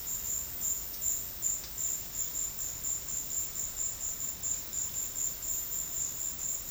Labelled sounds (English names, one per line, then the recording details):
none
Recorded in secondary vegetation near Puerto Asís, Putumayo, Colombia, on 4 March 2025 at 13:00
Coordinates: 0.484, -76.319
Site G010